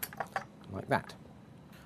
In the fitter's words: eventually they snap into place like